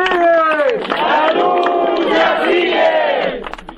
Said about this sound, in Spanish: Un aplauso para los compañeros.